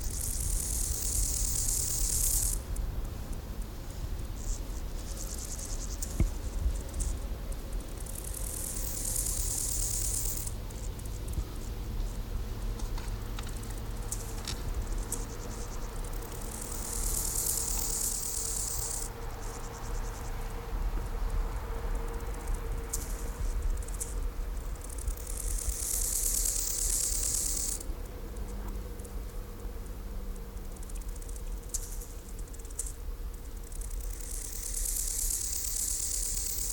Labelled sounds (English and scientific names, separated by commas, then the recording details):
Rufous Grasshopper (Gomphocerippus rufus) stridulation
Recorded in the wild
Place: Gößweinstein, Fränkische Schweiz, Bayern, DE
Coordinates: 49.72, 11.07
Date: 1995-09-11 10:59
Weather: sonnig, 19°C
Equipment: Marantz CP 430, Sennheiser ME 80, Kopie Uher 4000 Report Monitor
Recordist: Tembrock, Günter